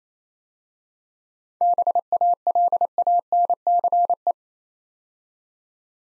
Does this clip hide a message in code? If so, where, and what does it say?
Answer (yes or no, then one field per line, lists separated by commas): yes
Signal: Morse code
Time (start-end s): 1.6-4.3 s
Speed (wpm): 29 wpm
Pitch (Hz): 700 Hz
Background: none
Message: BALANCE